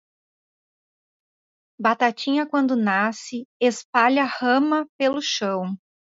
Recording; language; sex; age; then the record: short text; Brazilian Portuguese; female; 30 to 39 years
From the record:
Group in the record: control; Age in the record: 38 years